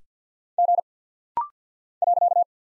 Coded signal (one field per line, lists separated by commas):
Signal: Morse code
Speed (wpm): 49 wpm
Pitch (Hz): 700 Hz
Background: none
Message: G .